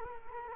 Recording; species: mosquito wingbeat signal from an infrared sensor; Culex quinquefasciatus